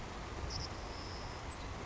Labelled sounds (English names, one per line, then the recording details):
Savannah Sparrow
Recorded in Sonoma County, California